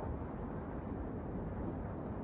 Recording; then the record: background sound without coughing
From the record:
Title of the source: Train Ride Ambience ambient white noise for sleeping, focus, studying, reading